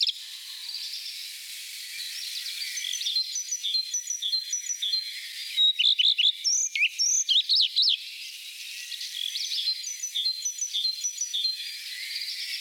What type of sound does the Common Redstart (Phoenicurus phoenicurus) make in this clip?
song